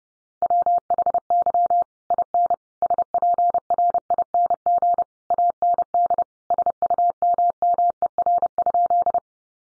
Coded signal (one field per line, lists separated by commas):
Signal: Morse code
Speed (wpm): 30 wpm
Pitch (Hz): 700 Hz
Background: none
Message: WHY IN SPRING AND SUMMER?